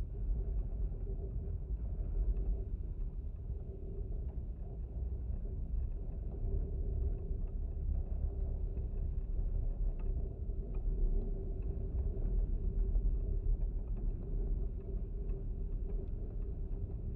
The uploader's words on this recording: Windfence. It was a cloudy windy day when I visited the beach at the base of the grassland dunes in Warren Dunes State Park. In this second recording both contact microphones were attached to the twisted metal wire which held up the wooden pieces of this fence. I love the low vibrations in this recording.